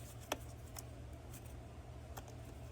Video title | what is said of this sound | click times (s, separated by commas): How to Replace the Engine Air Filter on a 2020+ BMW X3 (B46 Engine) - DIY Guide for G01 | push in the connector until you feel or hear a click, and then push the white piece down until you hear or feel a click. | 0.3 s